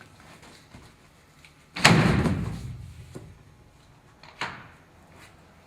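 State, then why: Seated. On the locking side of an Access roll-up tonneau truck bed cover, the cover's rear bar is pushed into its lock groove on the side rail. It snaps into place with a loud, sharp snap at 1.8 s, followed by a decaying rumble and a quieter knock near 4.4 s. The bar is seated and locked.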